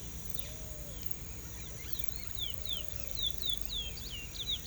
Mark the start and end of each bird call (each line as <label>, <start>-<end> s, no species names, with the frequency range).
bird call (1.7-5.5 kHz), 1.25-4.66 s